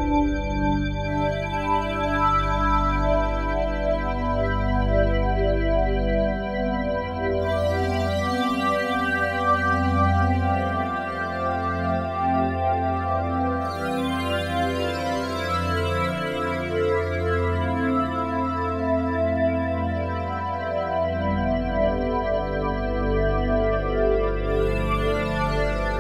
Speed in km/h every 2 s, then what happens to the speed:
116, 116, 116, 116, 116, 116, 116, 116, 116, 116, 116, 116, 116.
0-26 steady at about 116.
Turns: none.